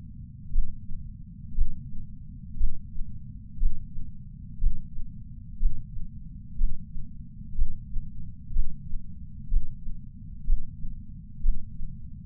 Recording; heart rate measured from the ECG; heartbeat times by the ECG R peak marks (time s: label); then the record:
heart sounds by patch sensor on the chest; 61 bpm
0.51 s: heartbeat
1.54 s: heartbeat
2.57 s: heartbeat
3.58 s: heartbeat
4.59 s: heartbeat
5.59 s: heartbeat
6.57 s: heartbeat
7.55 s: heartbeat
8.52 s: heartbeat
9.49 s: heartbeat
10.46 s: heartbeat
11.42 s: heartbeat
From the record:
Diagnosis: coronary artery disease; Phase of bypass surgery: intraoperative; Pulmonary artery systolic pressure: 26 mmHg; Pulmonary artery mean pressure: 20 mmHg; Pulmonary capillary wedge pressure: 11 mmHg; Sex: female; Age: 69 years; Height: 148 cm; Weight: 51 kg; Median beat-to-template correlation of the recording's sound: 0.86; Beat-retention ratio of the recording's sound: 0.99